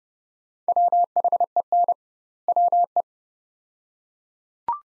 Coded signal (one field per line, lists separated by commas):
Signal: Morse code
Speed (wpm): 32 wpm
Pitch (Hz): 700 Hz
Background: none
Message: WHEN WE